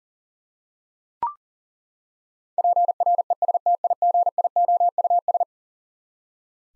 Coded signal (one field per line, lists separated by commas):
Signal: Morse code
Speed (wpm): 37 wpm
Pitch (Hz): 700 Hz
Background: none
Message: PRESTIGIOUS